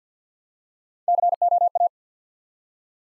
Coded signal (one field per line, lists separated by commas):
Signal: Morse code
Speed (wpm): 54 wpm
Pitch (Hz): 700 Hz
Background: none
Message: COA